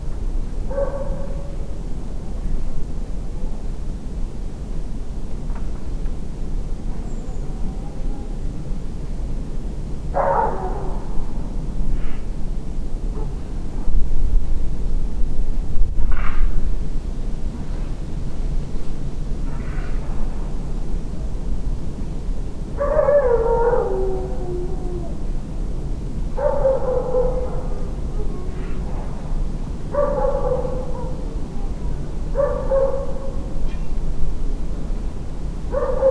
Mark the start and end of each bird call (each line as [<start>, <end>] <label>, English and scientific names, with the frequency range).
[7.06, 7.43] Redwing (Turdus iliacus) (6.7-8.0 kHz)